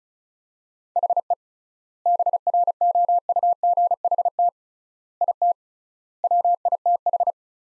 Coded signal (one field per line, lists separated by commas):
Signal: Morse code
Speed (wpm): 34 wpm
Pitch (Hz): 700 Hz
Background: none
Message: HE BROUGHT IT WITH